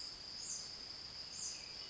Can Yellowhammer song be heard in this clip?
no